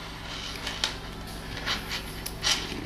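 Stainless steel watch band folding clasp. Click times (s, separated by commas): 0.8 s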